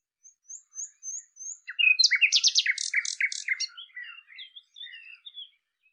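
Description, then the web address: Common nightingale song: soft high whistles, a sudden loud burst of rapid harsh repeated notes, then quieter scattered chirps. "cianscape birddata Deverinetal 2025"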